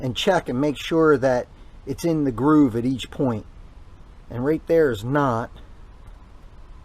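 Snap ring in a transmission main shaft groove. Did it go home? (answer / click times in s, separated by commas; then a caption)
no / none. A snap ring in the groove of a 4-speed transmission main shaft is being checked around its circumference, and at one spot it is found not fully in the groove. Someone talks throughout, with quiet pauses between phrases and no sharp sounds. Nothing has seated or clicked yet.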